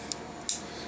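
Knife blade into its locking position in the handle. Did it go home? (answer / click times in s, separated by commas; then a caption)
no / none. Someone works the release button of a Schrade Walden MC-1 folding parachutist knife to bring the metal blade out and lock it into its position in the handle, but lets go of the button too early. A faint short tick is heard at 0.1 s, then a sharper, brighter metallic snap at 0.5 s that fades quickly. The blade lock does not engage, and nothing has clicked into place.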